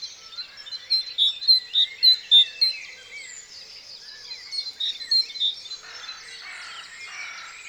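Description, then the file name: Great tit calls: a series of clear, high notes repeated quickly for about two seconds, then a softer, similar run after a pause, over faint background chatter. "Parus major"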